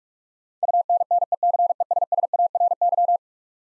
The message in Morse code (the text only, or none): UNNECESSARY